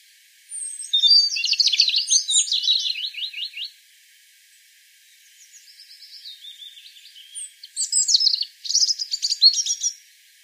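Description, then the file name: European robin song: high, tinkling warbled phrases of rapid varied notes, separated by pauses. "Erithacus rubecula"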